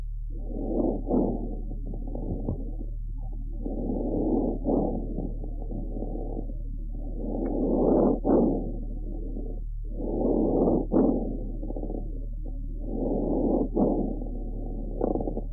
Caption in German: Sind pathologische Geräusche bei chronischer Bronchitis nur während einer Atemphase zu hören, wie hier ein tieffrequentes Knarren am Ende der Expiration.